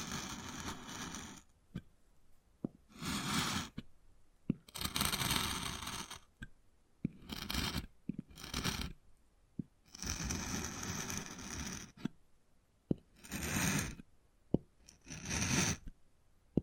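Wood being carved and scratched, in bursts of rough scraping that last one to two seconds each, separated by short pauses. Sharp, isolated taps punctuate the gaps every second or so. The scraping is dense and gritty, reaching from low rumble up to a bright hiss.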